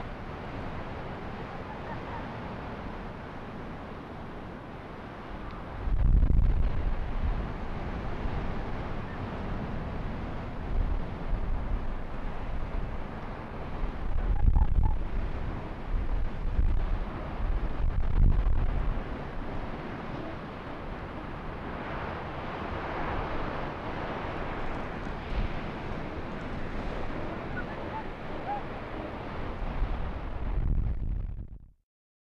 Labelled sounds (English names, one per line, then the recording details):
Arctic Fox
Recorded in the wild
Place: Insel Mednyi, Kommandeur-Inseln, RU
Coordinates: 54.5167, 168.083
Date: 1999-07-05 16:05
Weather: Nebel, 8°C
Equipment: Sony WM-D6C, Sennheiser ME 80, K 30 AV, Filter, Windkorb, Kopie Tascam DA 30
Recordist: Jakupi, Antje
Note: Südosten der Insel, Geröllfeld: Unbekanntes Tier bellt im Geröllfeld. Tier nicht gesehen. Drei Bellstrophen. Schlechtes Signal-Rausch-Verhältnis!!! Starke Windgeräusche